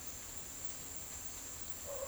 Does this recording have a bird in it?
no